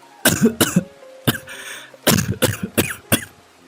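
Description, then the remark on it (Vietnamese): A woman coughs repeatedly in harsh, rasping bursts, two quick ones, a pause, then a strained cluster of several more, fairly loud with no talking. “Nói rồi, bà Mão ho mấy tiếng rồi nôn ra máu.”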